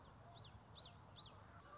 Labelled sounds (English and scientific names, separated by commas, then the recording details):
Common Yellowthroat (Geothlypis trichas)
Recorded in Sonoma County, California